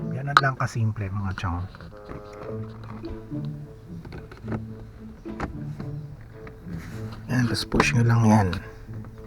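An OBD gauge display for a Suzuki S-Presso AGS is slid up and pushed onto its dashboard mount, which has small locks, while someone talks over music. The part has not seated or clicked yet.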